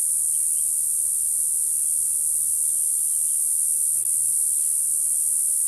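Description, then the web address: Say's cicada singing a steady, unbroken high-pitched buzz that holds at an even level throughout, with no pauses. Recorded in North America. "Natures Songs N America Songs of Insects -Says Cicada"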